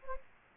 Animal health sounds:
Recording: mosquito wingbeat signal from an infrared sensor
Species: Anopheles gambiae

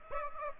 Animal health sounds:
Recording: mosquito wingbeat signal from an infrared sensor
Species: Aedes aegypti

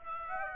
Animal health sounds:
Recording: mosquito wingbeat signal from an infrared sensor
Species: Aedes aegypti

